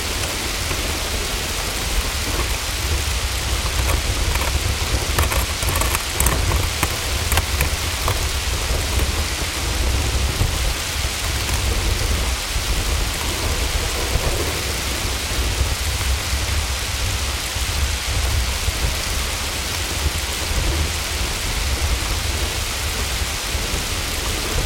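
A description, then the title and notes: Heavy rain pours steadily and densely throughout, with a low rumbling undertone and brief bursts of sharper clattering around five to eight seconds. Heavy Rain Hail Storm.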